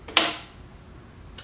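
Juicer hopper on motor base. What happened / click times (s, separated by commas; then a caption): Plastic part snaps onto its base / 0.2 s. The plastic hopper of a Nama J2 slow juicer is spun on its motor base until it snaps into place. A sharp, bright snap at 0.2 s rings out and fades over about a quarter second, with a faint tap just before it and another light tap near 1.4 s. The hopper is seated.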